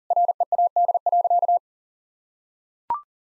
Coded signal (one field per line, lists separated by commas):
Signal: Morse code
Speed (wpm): 40 wpm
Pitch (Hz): 700 Hz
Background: none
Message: READ.